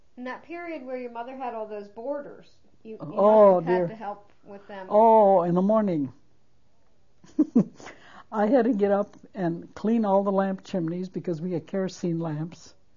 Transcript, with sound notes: In that period where your mother had all those boarders, you had to help with them?
Oh, in the morning. (She laughs.) I had to get up and clean all the lamp chimneys, because we had kerosene lamps.